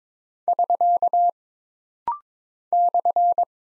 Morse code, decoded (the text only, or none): <SK> /